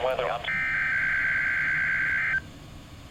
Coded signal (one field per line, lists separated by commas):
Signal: Emergency Alert System (SAME) tones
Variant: header bursts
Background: speech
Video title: 7 PM Required Weekly Test on SIX NOAA WEATHER RADIO CHANNELS | 7/7/21 | EAS 340-345